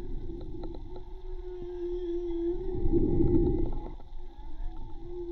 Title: CANTO DE BALLENAS HIDROFONO MAGMA TRIBUGA J BARCO